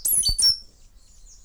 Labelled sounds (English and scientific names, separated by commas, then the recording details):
Stitchbird (Notiomystis cincta) song
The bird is a male
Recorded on Tiritiri Matangi Island, New Zealand, in 2005
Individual 2, of nest box 2